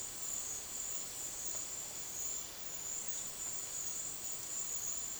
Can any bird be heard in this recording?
no